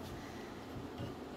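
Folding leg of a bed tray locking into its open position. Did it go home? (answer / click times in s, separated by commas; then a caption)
no / none. The folding leg of an old, heavy-duty bed tray is handled as it is unfolded toward its open, locked position. Only a steady, low rumbling background noise is heard, with no sharp sounds. Nothing has seated or clicked into place yet.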